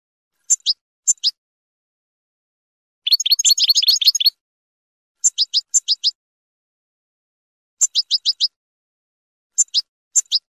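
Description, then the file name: Finch: short groups of thin high chirps spaced by pauses, with one fast dense run of rapid notes in the middle. "sound finch mouth moghom"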